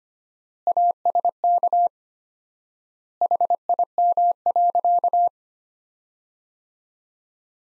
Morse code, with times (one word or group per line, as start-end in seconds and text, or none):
0.7-1.9 ASK
3.2-5.3 HIM.